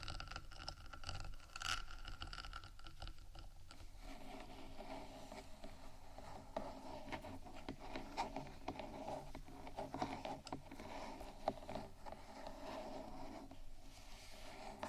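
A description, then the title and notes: Scratching and tapping on a rhinestone-covered 3Dio microphone makes a dense, steady rustle, broken often by brief sharp clicks and taps throughout. ASMR Rhinestone Embellished 3dio Mic Scratchingtapping（No Talking）.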